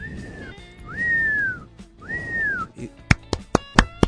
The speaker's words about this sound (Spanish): Eso, nuestro sonido, tenemos acá los efectos, ¿no? Tenemos los silbidos y los aplausos.